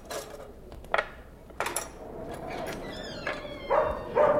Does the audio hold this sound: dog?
yes